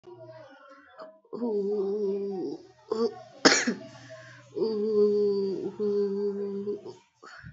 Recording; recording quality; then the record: sustained vowel as in boot; excellent, no background noise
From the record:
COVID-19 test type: RT-PCR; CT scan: not taken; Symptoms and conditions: cough, cold, breathing difficulty, sore throat, fever, fatigue, muscle pain, loss of smell and taste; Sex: female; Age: 22 years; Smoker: no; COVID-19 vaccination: both doses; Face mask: not worn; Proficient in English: yes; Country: India